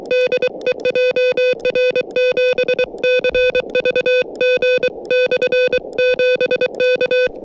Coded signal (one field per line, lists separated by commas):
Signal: Morse code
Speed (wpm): 24 wpm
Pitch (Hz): 500 Hz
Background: music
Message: DE JR7CVG/7 K